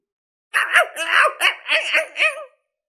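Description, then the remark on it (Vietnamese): A large black dog barks and howls wildly, as if having a fit after biting into something bitter, letting out about six loud, wavering yelps in a rapid, uneven burst that lasts around two seconds, with no talking; a scene from the story Già Thiên. “Ngay sau đó đại hắc cẩu như bị động kinh, gào điên cuồng không thôi, dùng sức phun ra phía ngoài.”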